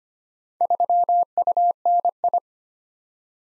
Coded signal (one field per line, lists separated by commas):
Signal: Morse code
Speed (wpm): 25 wpm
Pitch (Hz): 700 Hz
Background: none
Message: 3UNI